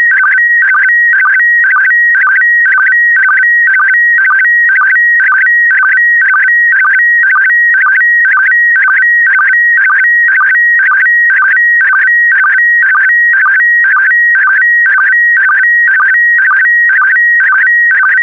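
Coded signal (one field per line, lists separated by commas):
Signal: SSTV (slow-scan television)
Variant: PD120 mode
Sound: continuous warbling electronic tone repeating a rhythmic pattern about twice a second, with short low blips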